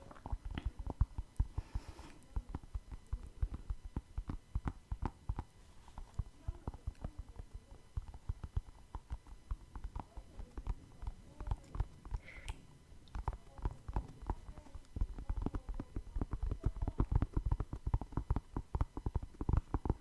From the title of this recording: Tapping No Talking